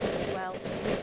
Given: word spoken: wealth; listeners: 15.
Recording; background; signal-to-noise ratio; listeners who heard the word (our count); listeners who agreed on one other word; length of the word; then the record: one English word in noise, from a listening test; noise modulated by three-talker babble; -4.8 dB; 5 of 15; 7 of 15; 0.63 s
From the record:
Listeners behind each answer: 7, 5, 1, 1, 1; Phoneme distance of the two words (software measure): 7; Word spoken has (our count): 1 syllable, 4 phonemes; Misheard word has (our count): 1 syllable, 3 phonemes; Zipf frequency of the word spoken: 4.33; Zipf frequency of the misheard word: 6.43